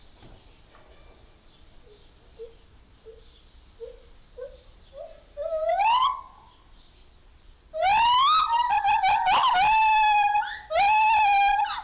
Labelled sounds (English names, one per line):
Lar Gibbon